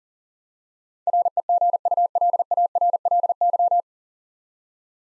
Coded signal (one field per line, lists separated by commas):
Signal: Morse code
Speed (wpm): 40 wpm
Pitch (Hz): 700 Hz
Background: none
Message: REGULARLY